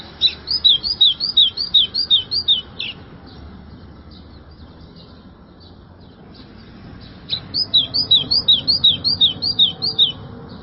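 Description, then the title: White-throated seedeater song, two runs of rapid whistled slurs separated by a pause of several seconds, with steady low background noise throughout. "Canto Do Golinha"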